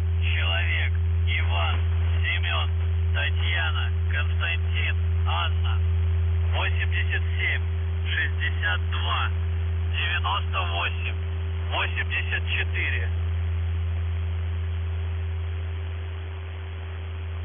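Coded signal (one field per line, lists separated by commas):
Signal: numbers station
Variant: UVB-76 voice message, Russian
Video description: Callsign: VZhTsKh (ВЖЦХ) Message text: 37 623 VYChISTKA (ВЫЧИСТКА) 87 62 98 84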